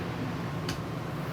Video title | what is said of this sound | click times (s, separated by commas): How To Safely Use Your Slide Locks | two buttons right there slide it all the way out as tight as you can get it when it locks into place from there | 0.7 s